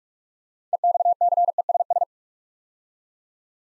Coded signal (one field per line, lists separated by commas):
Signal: Morse code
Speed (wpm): 44 wpm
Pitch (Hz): 700 Hz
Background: none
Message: EXCESS